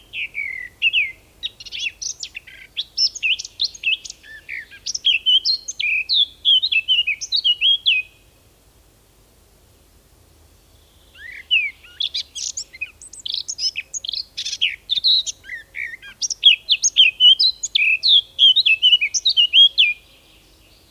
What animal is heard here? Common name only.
Eurasian Blackcap